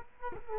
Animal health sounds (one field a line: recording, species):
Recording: mosquito wingbeat signal from an infrared sensor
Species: Culex quinquefasciatus